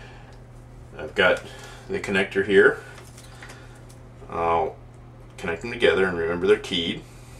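A plastic wiring harness connector is lined up with the keyed connector on a new condenser fan motor in a Hotpoint HTR17BBSERWW refrigerator, which is being replaced because the old fan motor was noisy. Someone talks while handling the parts, and a few faint taps sound between the speech. Nothing has seated or clicked yet.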